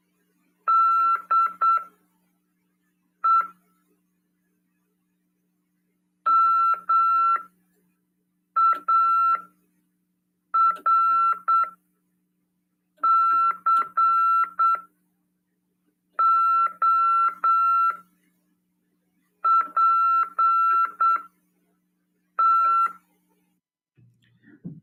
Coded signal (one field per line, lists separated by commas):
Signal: Morse code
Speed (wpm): 8 wpm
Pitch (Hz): 1340 Hz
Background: none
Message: DE MARCO PT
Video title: RADIOAMADOR 30/12/2022 PY2EXU PAULO...continuando